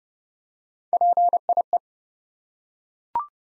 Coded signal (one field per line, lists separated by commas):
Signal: Morse code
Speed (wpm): 29 wpm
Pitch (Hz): 700 Hz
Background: none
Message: PIE